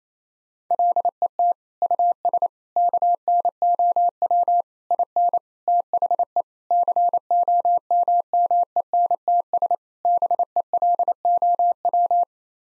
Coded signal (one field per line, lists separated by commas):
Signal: Morse code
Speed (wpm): 27 wpm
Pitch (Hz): 700 Hz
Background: none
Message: LET US KNOW IN THE COMMENTS BELOW